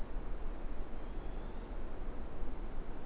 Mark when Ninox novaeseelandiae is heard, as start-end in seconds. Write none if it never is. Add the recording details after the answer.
0.90-1.72. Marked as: faintness 4/5. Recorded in New Zealand. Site Eglinton